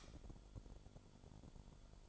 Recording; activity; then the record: daily activity, microphone in the room; light off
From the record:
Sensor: 5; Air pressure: 1008.0 hPa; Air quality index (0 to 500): 103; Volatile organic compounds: 1 ppm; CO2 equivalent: 801 ppm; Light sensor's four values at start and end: 36/84/35/35 and 36/83/34/35